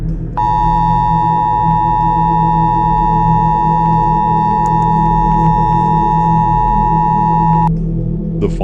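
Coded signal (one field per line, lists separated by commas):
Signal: Emergency Alert System (SAME) tones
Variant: 853 and 960 Hz attention tone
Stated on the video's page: Fictional EAS scenario; the alert is simulated.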